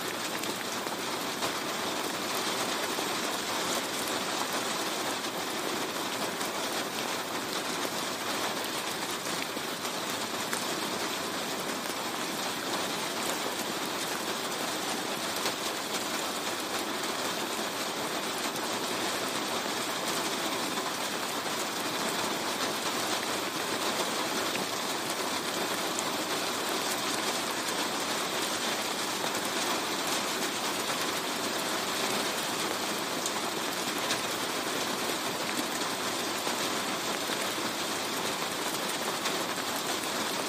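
Rain falls on a car in a steady, dense patter that holds even for the full forty seconds. The sound is bright and hissing, with countless drops merging into one wash, and no distinct events or changes stand out.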